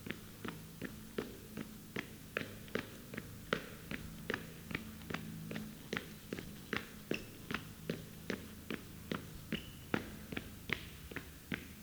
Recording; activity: daily activity, guitar pickup as the sensor; run